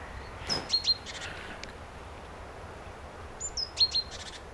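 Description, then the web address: Great tit with two call bouts, each a high sliding whistle followed by a few short clipped notes, over a steady hiss. "SETE data Parus major"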